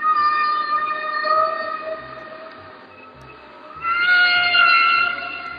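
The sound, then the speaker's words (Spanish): Whale song: long, sustained harmonic moans hold steady for a few seconds, fade briefly, then return as a louder, brighter, higher wail over a low, rumbling underwater hiss. “Para mí, la conexión más importante entre las ballenas y el hombre es el hecho de que éstas usan muchas de las mismas leyes para componer canciones que los compositores humanos utilizan en sus composiciones.”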